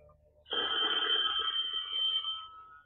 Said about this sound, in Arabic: ألو. أيوة موجود. التليفون